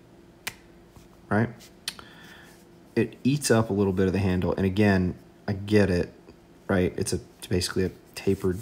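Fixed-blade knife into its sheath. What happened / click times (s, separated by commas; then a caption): The knife clicks into its sheath / 0.5 s. A fixed-blade knife is pushed into its sheath, where it had been wiggling loosely, and it clicks and locks in place at 0.5 s. Two more short knocks follow near 1.9 and 2.0 s, and someone talks over the rest of the clip.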